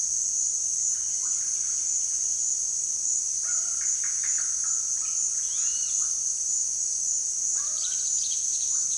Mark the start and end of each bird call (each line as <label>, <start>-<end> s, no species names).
bird call, 0.82-1.90 s
bird call, 3.37-6.22 s
bird call, 7.51-8.97 s